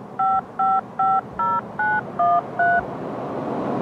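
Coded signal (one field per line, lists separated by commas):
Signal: DTMF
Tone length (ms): 220 ms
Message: 5550913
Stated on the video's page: Federal Signal Model 2 siren on a fire department pole, pager/siren test and attack signal, tested Saturdays at 3 PM.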